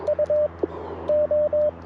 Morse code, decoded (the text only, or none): U O